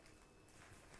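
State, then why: Not seated. A necklace clasp is handled into its catch by hand. Faint brief ticks come at about 0.1, 0.9 and 1.1 seconds over a quiet, hissy background. Nothing has seated or clicked yet.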